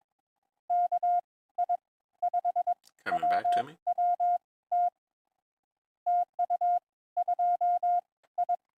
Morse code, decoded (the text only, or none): KI5WWT TU 2I